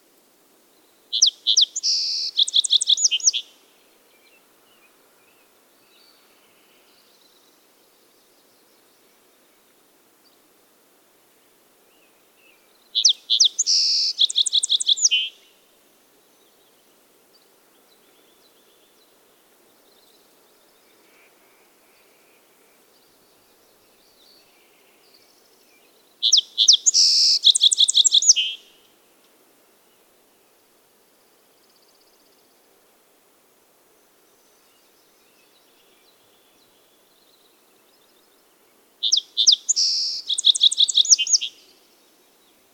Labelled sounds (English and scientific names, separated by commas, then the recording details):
Song Sparrow (Melospiza melodia) song
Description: Song Sparrow song recorded on the Cub Lake Trail in Rocky Mountain National Park
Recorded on 24 June 2015